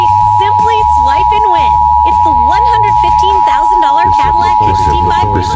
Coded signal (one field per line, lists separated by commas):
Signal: Emergency Alert System (SAME) tones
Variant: 853 and 960 Hz attention tone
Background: speech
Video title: Pacific IPAWS Required Weekly Test (EAS #742-745) 8/13/23